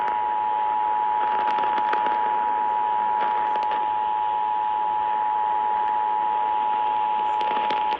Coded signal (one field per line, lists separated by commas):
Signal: Emergency Alert System (SAME) tones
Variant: 853 and 960 Hz attention tone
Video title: EAS #2095 Flash Flood Warning on WTMJ